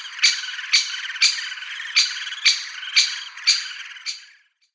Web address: Schulze Peter Great Spotted Woodpecker calls